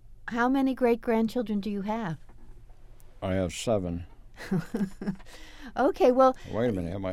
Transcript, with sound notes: How many great grandchildren do you have?
I have seven.
[Laughs] Okay, well-
Wait a minute.